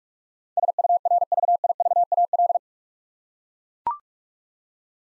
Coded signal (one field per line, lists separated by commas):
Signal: Morse code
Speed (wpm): 44 wpm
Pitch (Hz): 700 Hz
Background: none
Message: SURVIVAL